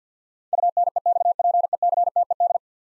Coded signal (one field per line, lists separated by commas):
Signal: Morse code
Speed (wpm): 50 wpm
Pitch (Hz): 700 Hz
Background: none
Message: UNEXPECTED